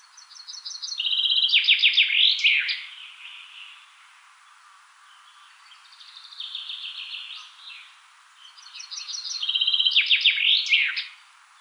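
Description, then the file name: Common chaffinch singing three fast, tumbling phrases of sharp notes, each dropping in pitch and closing with a quick flourish, separated by short pauses. "Fringilla coelebs"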